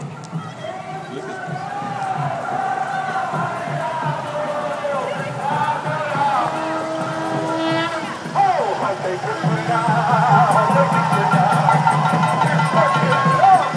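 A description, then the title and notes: A parade on a city avenue, with a dense crowd murmur, overlapping voices and traffic, a sustained tone near seven seconds, and louder voices after eight. Some Indian parade on 5th avenue by David Noël.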